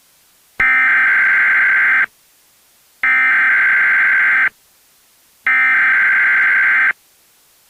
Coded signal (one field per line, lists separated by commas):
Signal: Emergency Alert System (SAME) tones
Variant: header bursts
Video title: EAS Scenario - Transportation System Attack